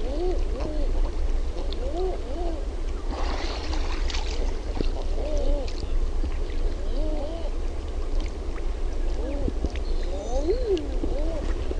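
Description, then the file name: Common eiders giving soft rising-and-falling coos again and again, with a brief noise burst partway through and a constant low rumble. "HAAHKA"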